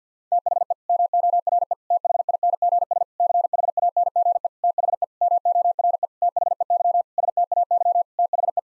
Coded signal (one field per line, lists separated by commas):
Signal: Morse code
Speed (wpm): 50 wpm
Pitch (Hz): 700 Hz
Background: none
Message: THE MORE THINGS CHANGE THE MORE THEY STAY THE